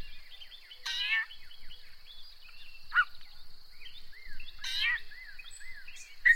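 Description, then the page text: Yellow-breasted chat song: nasal harmonic mews mixed with clear downslurred whistles and short chips, delivered in quick varied phrases over a faint steady high tone. "Chris Parrish - Иктерия (Icteria virens)"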